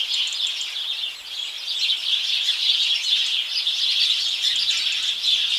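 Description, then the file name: House sparrow flock calling, many bright chirps overlapping into a continuous busy chatter. "Passer domesticus"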